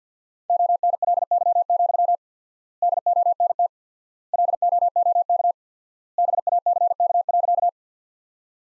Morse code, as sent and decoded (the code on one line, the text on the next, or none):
--- -. .-.. -.-- --..-- / -.. --- -. - / .-.. --- --- -.- / -... .- -.-. -.- .-.-.-
ONLY, DONT LOOK BACK.